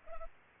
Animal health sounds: mosquito wingbeat signal from an infrared sensor; Culex pipiens

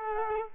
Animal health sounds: mosquito wingbeat signal from an infrared sensor; Culex quinquefasciatus

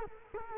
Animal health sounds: mosquito wingbeat signal from an infrared sensor; Culex quinquefasciatus

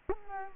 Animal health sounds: mosquito wingbeat signal from an infrared sensor; Culex quinquefasciatus

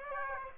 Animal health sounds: mosquito wingbeat signal from an infrared sensor; Aedes aegypti

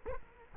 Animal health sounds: mosquito wingbeat signal from an infrared sensor; Culex quinquefasciatus

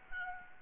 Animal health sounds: mosquito wingbeat signal from an infrared sensor; Aedes albopictus

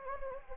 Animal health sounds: mosquito wingbeat signal from an infrared sensor; Anopheles gambiae

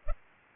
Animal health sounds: mosquito wingbeat signal from an infrared sensor; Culex pipiens

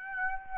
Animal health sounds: mosquito wingbeat signal from an infrared sensor; Aedes aegypti

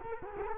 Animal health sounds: mosquito wingbeat signal from an infrared sensor; Culex quinquefasciatus

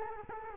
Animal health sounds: mosquito wingbeat signal from an infrared sensor; Culex quinquefasciatus

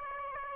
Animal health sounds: mosquito wingbeat signal from an infrared sensor; Aedes aegypti

